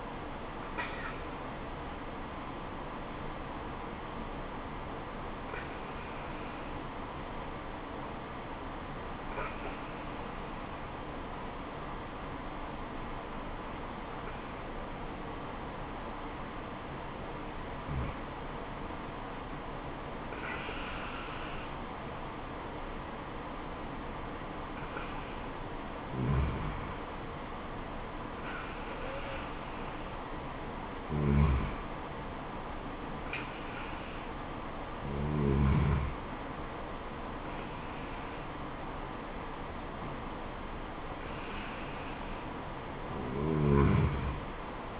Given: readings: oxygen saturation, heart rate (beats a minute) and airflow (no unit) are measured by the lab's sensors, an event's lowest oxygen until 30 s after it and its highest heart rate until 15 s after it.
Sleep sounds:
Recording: breathing in sleep by a voice recorder at the bedside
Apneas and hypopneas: 1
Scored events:
4.00-34.20 s: hypopnea (N2, oxygen 96% highest, then 93% lowest, heart rate 64 at the start, 78 highest)
From the record:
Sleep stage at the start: N2 (light sleep)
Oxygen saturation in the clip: 93 to 96%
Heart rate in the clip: 64 to 78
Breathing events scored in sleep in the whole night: 426 in 7.4 hours asleep

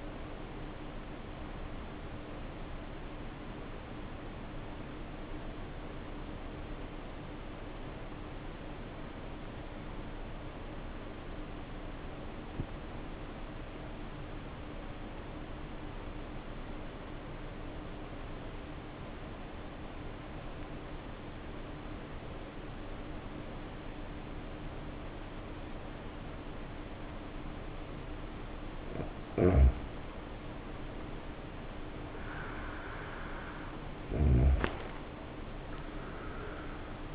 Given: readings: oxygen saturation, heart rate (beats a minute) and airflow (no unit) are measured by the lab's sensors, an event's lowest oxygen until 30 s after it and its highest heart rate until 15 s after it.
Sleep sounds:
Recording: breathing in sleep by a voice recorder at the bedside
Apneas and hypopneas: 1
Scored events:
6.00-30.30 s: obstructive apnea (REM, oxygen 93% highest, then 77% lowest, heart rate 55 at the start, 74 highest)
25.00-37.15 s: new sleep stage, N1 (lightest sleep)
From the record:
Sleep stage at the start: REM sleep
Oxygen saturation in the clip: 82 to 93%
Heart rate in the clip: 55 to 74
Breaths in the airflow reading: 3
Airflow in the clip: -8.3 to 9.6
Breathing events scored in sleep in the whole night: 520 in 7.2 hours asleep

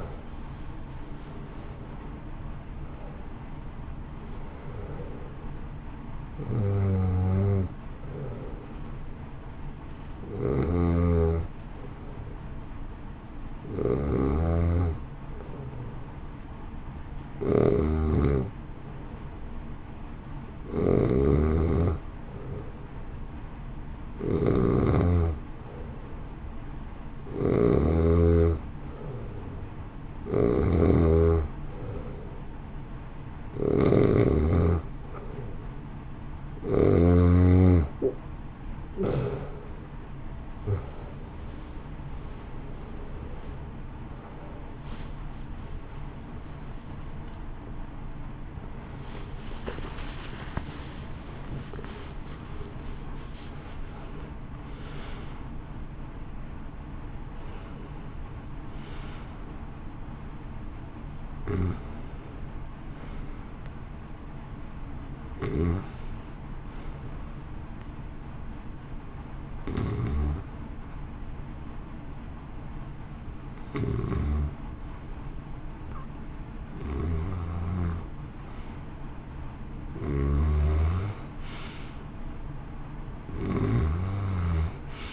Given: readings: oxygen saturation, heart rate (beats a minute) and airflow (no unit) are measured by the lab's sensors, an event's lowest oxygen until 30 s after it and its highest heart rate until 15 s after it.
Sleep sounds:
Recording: breathing in sleep by a smartphone at the bedside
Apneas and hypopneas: 2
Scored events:
10.00-35.20 s: hypopnea (N2, oxygen 93% highest, then 90% lowest, heart rate 56 at the start, 67 highest)
51.00-81.00 s: new sleep stage, N1 (lightest sleep)
66.00-80.90 s: hypopnea (N1, oxygen 95% highest, then 91% lowest, heart rate 56 at the start, 62 highest)
81.00-85.13 s: new sleep stage, N2 (light sleep)
From the record:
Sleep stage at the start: N2 (light sleep)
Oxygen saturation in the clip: 90 to 95%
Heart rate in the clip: 53 to 68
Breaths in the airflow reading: 26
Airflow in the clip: -1.9 to 2.7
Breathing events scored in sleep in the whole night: 328 in 6.3 hours asleep

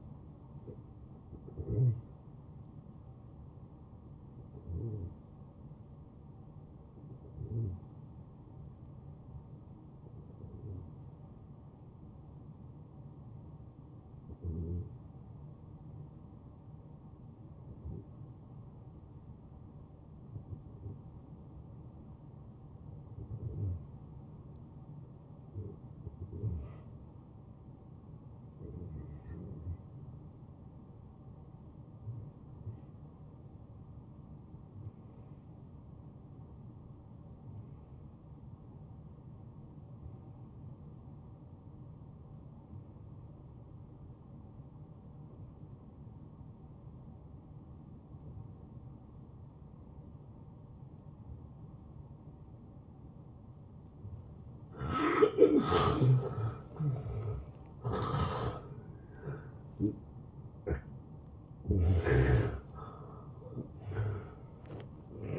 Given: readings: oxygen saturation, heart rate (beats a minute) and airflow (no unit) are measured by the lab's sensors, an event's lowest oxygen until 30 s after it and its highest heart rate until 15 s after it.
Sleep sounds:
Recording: breathing in sleep by a smartphone at the bedside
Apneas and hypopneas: 1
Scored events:
3.00-55.00 s: hypopnea (N1, oxygen 96% highest, then 88% lowest, heart rate 83 at the start, 85 highest)
13.00-65.38 s: new sleep stage, N2 (light sleep)
From the record:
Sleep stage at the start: N1 (lightest sleep)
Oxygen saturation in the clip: 90 to 96%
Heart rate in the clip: 72 to 83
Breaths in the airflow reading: 13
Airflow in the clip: -14.5 to 9.2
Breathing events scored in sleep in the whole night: 263 in 5.5 hours asleep

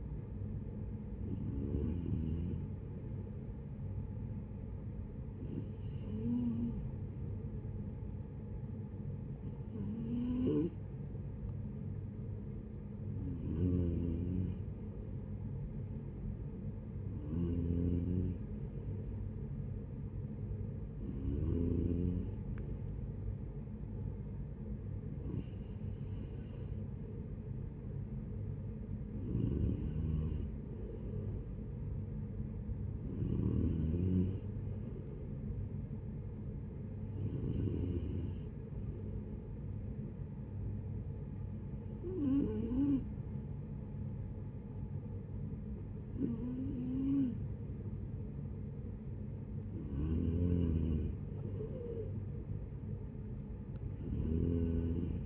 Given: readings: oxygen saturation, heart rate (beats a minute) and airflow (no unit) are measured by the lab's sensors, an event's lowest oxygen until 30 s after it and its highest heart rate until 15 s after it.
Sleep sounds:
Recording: breathing in sleep by a smartphone at the bedside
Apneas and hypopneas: 1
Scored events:
38.00-55.26 s: new sleep stage, N3 (deep sleep)
39.00-50.80 s: hypopnea (N3, oxygen 93% highest, then 89% lowest, heart rate 68 at the start, 74 highest)
From the record:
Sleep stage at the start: N2 (light sleep)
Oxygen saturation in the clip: 89 to 93%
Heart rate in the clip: 65 to 74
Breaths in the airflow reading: 13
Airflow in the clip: -9.9 to 7.5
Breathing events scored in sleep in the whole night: 496 in 5.4 hours asleep

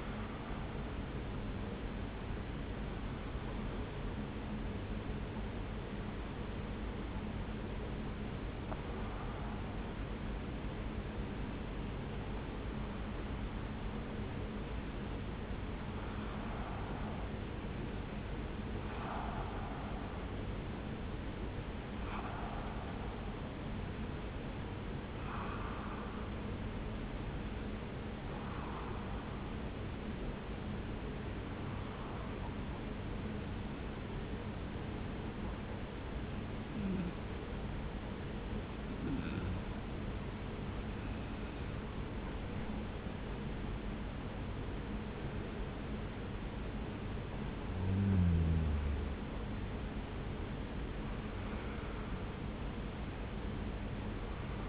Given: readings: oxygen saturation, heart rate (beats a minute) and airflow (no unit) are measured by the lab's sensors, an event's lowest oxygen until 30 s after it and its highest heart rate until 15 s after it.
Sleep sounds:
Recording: breathing in sleep by a voice recorder at the bedside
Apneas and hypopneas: 1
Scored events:
7.00-43.70 s: hypopnea (N2, oxygen 96% highest, then 93% lowest)
From the record:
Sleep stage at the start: N2 (light sleep)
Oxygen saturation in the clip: 92 to 96%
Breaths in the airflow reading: 16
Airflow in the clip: -1.4 to 2.1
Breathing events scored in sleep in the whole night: 335 in 6.7 hours asleep

